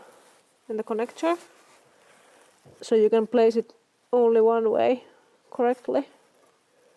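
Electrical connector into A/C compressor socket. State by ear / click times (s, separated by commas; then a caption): not seated / none. Someone talks while handling an electrical plug connector, keyed by a small groove so it fits only one way, as it is brought to the A/C compressor socket during a compressor replacement on a 2014 Sprinter. Only speech and faint handling noise are heard, and nothing has seated or clicked yet.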